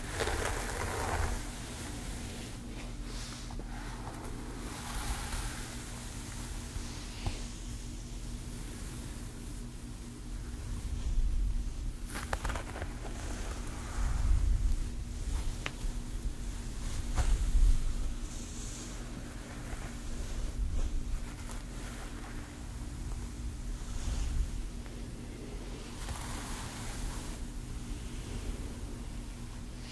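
Gentle hair styling, with soft brushing and rustling strokes over a steady low hum. The strokes come irregularly, busiest between about 12 and 18 seconds, where a few sharp ticks stand out. Brighter swishes appear near the start and again toward the end.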